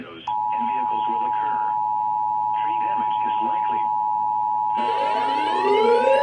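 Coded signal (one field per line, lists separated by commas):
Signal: Emergency Alert System (SAME) tones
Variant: 853 and 960 Hz attention tone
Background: speech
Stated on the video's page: Real EAS alert tones.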